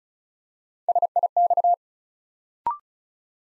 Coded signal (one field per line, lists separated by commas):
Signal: Morse code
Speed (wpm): 36 wpm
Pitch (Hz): 700 Hz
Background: none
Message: SIX